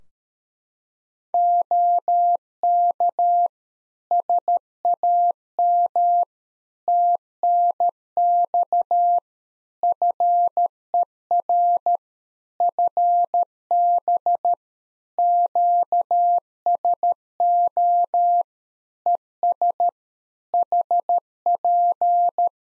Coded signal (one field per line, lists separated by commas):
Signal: Morse code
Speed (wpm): 13 wpm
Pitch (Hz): 700 Hz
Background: none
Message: OK SAM TNX FER FB QSO ES HP